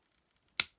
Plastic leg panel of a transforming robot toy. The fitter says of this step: and kind of snap into place